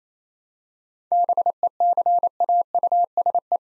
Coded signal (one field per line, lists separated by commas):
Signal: Morse code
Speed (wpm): 28 wpm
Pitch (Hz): 700 Hz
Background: none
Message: BECAUSE